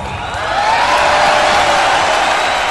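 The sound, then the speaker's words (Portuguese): An audience at the Carnafront 2017 Tribunal do Júri erupts in loud, sustained cheering and celebration as Unidos da Organização Criminosa is named champion, a dense roar of many voices that swells within the first half second and holds steady throughout. “Aí o que você queria, muita festa na plateia do Tribunal do Júri aqui do Carnafront.”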